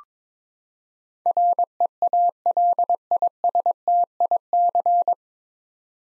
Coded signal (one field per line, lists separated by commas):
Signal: Morse code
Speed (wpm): 21 wpm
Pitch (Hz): 700 Hz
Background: none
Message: REALISTIC